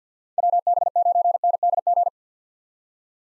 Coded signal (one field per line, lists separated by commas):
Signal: Morse code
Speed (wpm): 48 wpm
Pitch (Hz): 700 Hz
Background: none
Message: WB9NDG